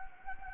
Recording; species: mosquito wingbeat signal from an infrared sensor; Anopheles gambiae